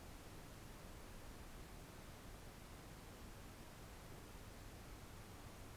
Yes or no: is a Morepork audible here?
no